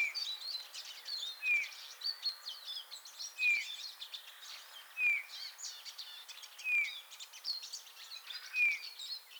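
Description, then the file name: Eurasian bullfinch repeating a soft descending whistle several times, against a steady background of high chirping from other birds. "Pyrrhula pyrrhula"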